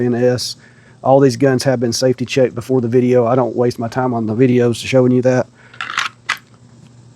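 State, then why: Seated. Someone talks for most of the clip, then a different pistol, an FNS the holster was not molded for, is pushed into the molded holster with a few short handling ticks. It clicks into retention at 6.3 s with a quieter but still audible click, and the pistol is seated.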